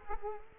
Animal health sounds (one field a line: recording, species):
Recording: mosquito wingbeat signal from an infrared sensor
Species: Culex quinquefasciatus